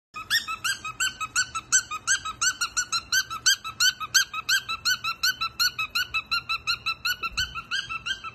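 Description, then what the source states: Cockatiel chirping in a fast, steady series of short squeaky notes, about three each second, with a faint low hum underneath. More than one cockatiel, singing with whistles.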